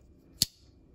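A folding pocket knife blade, opened to half, is let go and snaps shut into the handle under its backspring. A single sharp, bright snap at 0.4 s carries a low thump and a short metallic high ring over a faint low background. The blade closes fully with a clean, crisp snap.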